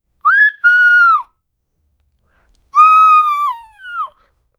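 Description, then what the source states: Dog, a puppy, whines in two thin, tonal bouts. Each holds a steady high note, then slides downward, with a short silence between the bouts. Puppy whining quietly.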